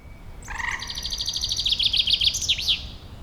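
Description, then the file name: Common chaffinch song opening with a few lower notes, then a fast, slightly descending trill that breaks into louder, looping phrases and a final flourish. "Fringilla coelebs"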